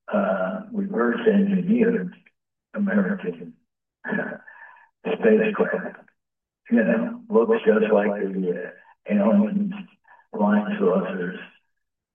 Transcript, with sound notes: reverse engineered American (laughs) spacecraft, you know. Looks just like the, uh, aliens flying saucers,